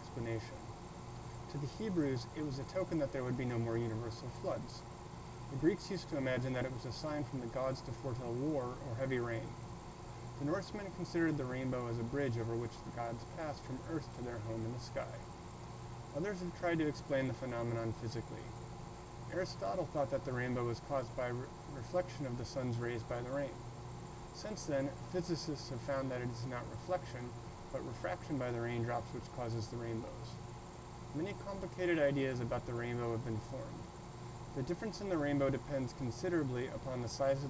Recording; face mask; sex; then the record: reading aloud; surgical mask; male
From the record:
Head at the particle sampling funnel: tilted up or above it, chin in front of it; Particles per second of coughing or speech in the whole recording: 0.333